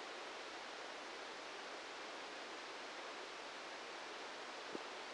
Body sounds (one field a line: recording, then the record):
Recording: brain microelectrode recording played as sound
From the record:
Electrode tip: outside the subthalamic nucleus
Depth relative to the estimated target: -4 mm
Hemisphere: right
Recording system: NeuroSet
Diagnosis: Parkinson's disease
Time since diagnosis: 7 years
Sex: male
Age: 44 years